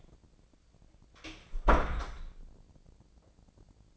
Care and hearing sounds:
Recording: daily activity, microphone in the room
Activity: close door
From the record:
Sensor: 5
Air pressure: 1009.3 hPa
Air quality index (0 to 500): 168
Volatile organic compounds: 2 ppm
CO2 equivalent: 1280 ppm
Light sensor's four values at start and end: 190/452/191/208 and 190/451/191/208

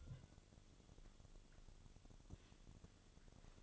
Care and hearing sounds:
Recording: daily activity, microphone in the room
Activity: take from stove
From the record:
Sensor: 4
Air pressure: 1008.7 hPa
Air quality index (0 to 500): 112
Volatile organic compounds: 1 ppm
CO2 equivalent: 826 ppm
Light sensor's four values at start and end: 10/22/9/8 and 10/22/9/8

